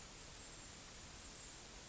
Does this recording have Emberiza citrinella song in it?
no